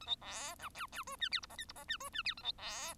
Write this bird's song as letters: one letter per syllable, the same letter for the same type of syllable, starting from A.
A B C D E E F G H I J K I J G F G H A B C